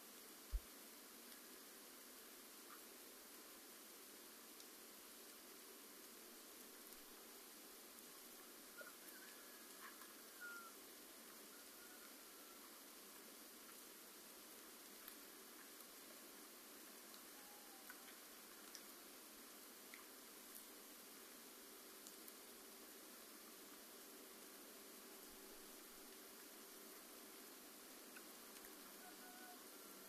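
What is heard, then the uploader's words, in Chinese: Morning snow at a mountain hut: a steady, even hiss with no low rumble, a sharp click at the start and faint scattered ticks. 山屋晨雪。凌晨初雪·京。凌晨四点山上录制。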